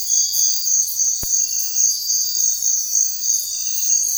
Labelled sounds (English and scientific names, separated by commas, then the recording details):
none
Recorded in secondary vegetation near Puerto Asís, Putumayo, Colombia, on 4 March 2025 at 05:00
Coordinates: 0.499, -76.323
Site G094